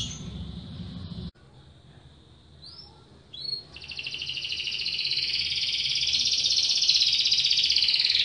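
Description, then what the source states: Canary song: after a brief noisy start and a pause, a few short notes lead into a long, steady, buzzy high trill held to the end. Master recording of canary song, used for training canaries.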